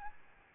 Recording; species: mosquito wingbeat signal from an infrared sensor; Aedes albopictus